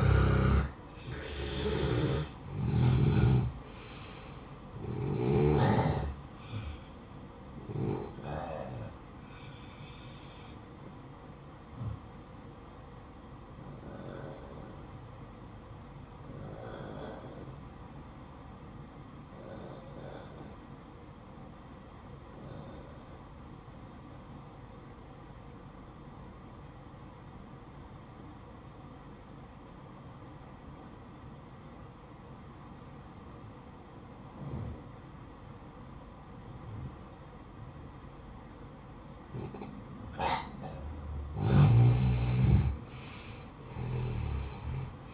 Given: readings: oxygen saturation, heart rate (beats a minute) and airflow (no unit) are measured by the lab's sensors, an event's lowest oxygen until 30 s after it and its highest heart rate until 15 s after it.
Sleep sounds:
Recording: breathing in sleep by a smartphone at the bedside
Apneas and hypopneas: 1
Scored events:
10.00-45.14 s: new sleep stage, N1 (lightest sleep)
15.00-36.10 s: obstructive apnea (N1, oxygen 94% highest, then 87% lowest, heart rate 54 at the start, 70 highest)
From the record:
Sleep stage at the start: N2 (light sleep)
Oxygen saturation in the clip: 86 to 94%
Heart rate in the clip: 54 to 66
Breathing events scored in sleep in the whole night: 573 in 9.8 hours asleep

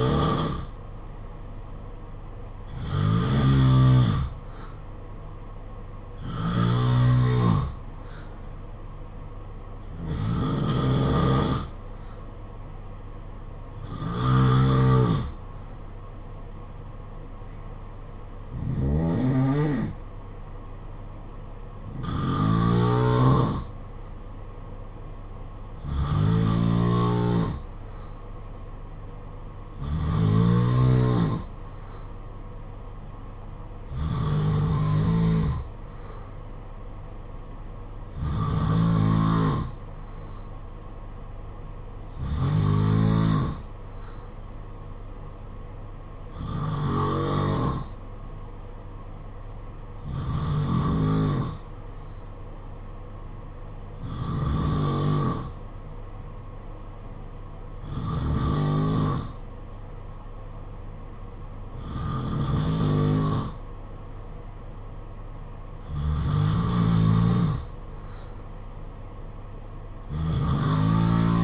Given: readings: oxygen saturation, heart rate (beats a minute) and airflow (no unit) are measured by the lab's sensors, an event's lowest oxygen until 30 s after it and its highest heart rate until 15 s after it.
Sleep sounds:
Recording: breathing in sleep by a smartphone at the bedside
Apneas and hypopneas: none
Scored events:
none scored
From the record:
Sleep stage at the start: N2 (light sleep)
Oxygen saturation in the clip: 88 to 92%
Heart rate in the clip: 49 to 65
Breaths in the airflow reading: 18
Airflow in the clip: -6.1 to 5.0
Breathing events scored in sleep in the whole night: 476 in 9.7 hours asleep

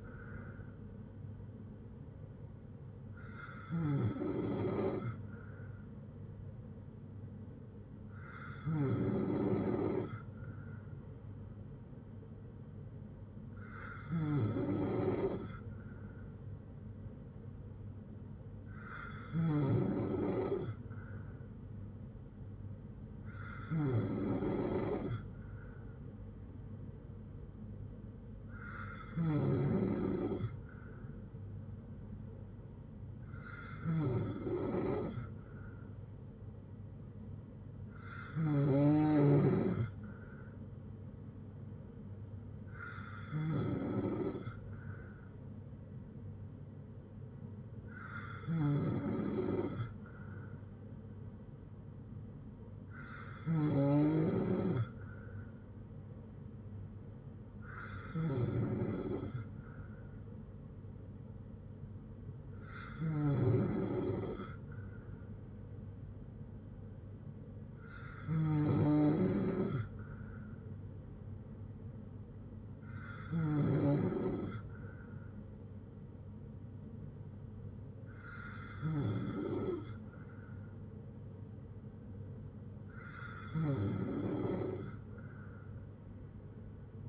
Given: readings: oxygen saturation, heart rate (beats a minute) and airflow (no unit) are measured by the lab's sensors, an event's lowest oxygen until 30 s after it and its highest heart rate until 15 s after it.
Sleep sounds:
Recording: breathing in sleep by a smartphone at the bedside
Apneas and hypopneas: none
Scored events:
49.00-79.00 s: new sleep stage, N2 (light sleep)
79.00-87.09 s: new sleep stage, N3 (deep sleep)
From the record:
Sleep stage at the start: N3 (deep sleep)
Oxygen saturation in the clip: 94 to 95%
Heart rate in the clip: 56 to 71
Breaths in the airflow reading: 18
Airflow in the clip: -5.5 to 4.1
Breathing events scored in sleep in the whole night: 182 in 7.4 hours asleep

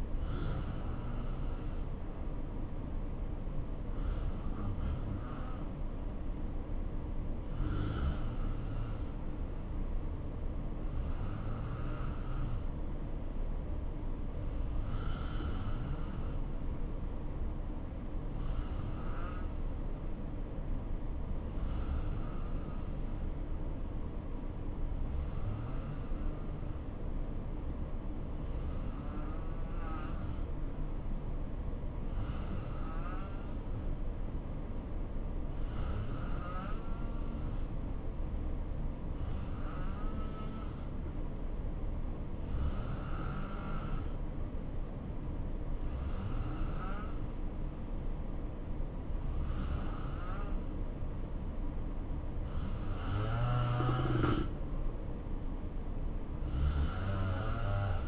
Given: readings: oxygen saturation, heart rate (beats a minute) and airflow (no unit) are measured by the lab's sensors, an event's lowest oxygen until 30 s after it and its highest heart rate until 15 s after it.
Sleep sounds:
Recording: breathing in sleep by a smartphone at the bedside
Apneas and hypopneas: 1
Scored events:
14.00-53.40 s: hypopnea (N2, oxygen 90% highest, then 86% lowest, heart rate 64 at the start, 71 highest)
From the record:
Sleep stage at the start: N2 (light sleep)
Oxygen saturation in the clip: 86 to 90%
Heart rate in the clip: 61 to 71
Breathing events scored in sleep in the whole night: 277 in 7.4 hours asleep

